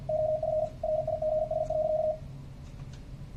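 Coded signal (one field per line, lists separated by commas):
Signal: Morse code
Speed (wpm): 50 wpm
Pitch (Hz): 630 Hz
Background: none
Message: OF RIGS.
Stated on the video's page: Morse from a homebuilt PIC32 keyer.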